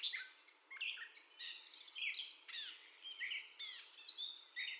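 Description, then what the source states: Gray catbird singing a quick string of mixed notes: slurred whistles, short chirps and a few mewing, falling phrases, each a different shape from the last. Gray catbird's first song heard, recorded 30 May 2021.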